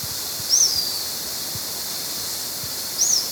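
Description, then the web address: White-fronted Tyrannulet calling with two sharp, high-pitched arched notes about two and a half seconds apart; a continuous background hiss. Ecuador. "Natures Songs S America Birds of Ecuador 3 White-Fronted Tyrannulet"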